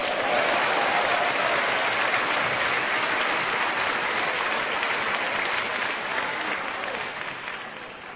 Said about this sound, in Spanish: Dele palmas a Cristo.